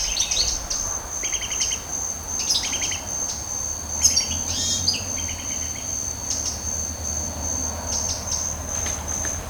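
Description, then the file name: Eurasian wren song: short, rapid trilled bursts, repeated every second or two, with a constant shrill insect drone throughout. "Troglodytes troglodytes"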